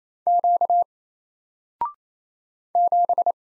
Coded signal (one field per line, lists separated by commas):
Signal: Morse code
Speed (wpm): 27 wpm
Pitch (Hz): 700 Hz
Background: none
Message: Q 7